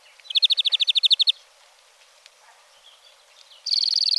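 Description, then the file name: European greenfinch song: a fast, even trill of about a dozen notes, a quiet pause, then a higher buzzy rattling trill starting near the end. "Verdier"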